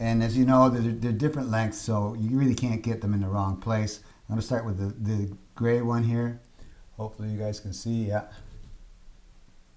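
A small metal connector cover bracket is handled over the connectors on a Samsung Galaxy Note 4 mainboard during a front camera, proximity sensor and IR replacement. Someone talks throughout, and no other sound stands out. Nothing has seated or clicked yet.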